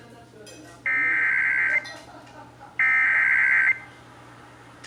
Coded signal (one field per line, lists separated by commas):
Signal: Emergency Alert System (SAME) tones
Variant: header bursts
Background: speech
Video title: (EAS #643) Severe Thunderstorm Warning (KSCS-FM)